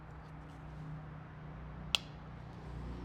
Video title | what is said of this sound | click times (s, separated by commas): How To Replace 2015 - 2023 Mustang KEY FOB Battery - EASY DIY TUTORIAL! | so you're going to go ahead and press here want to even it out make sure it clicks from all the angles | 1.9 s